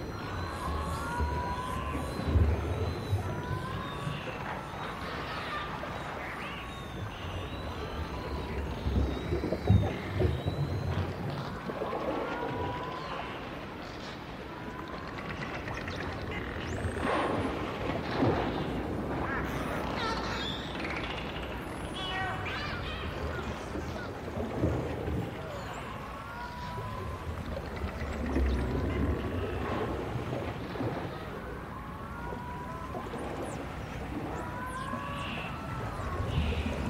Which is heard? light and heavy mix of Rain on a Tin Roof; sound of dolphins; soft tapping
sound of dolphins